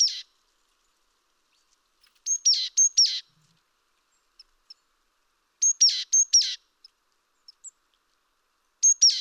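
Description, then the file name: Great tit calling in groups of high thin notes followed by scratchy churring elements, bursts separated by pauses of about two to three seconds, faint ticks between. "Parus major"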